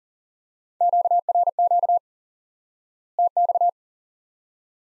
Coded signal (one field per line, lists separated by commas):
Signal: Morse code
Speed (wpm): 40 wpm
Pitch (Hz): 700 Hz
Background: none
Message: QRQ TX